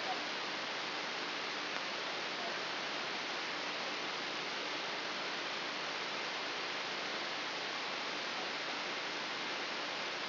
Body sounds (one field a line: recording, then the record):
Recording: brain microelectrode recording played as sound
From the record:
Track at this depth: inside the subthalamic nucleus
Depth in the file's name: 3.099 mm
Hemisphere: left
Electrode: 3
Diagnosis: Parkinson's disease